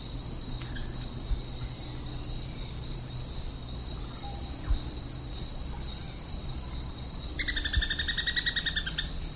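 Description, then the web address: Sepia-capped flycatcher: one harsh, rapidly pulsed burst near the end, after a stretch of steady high insect drones. "cantos mosquecoropar"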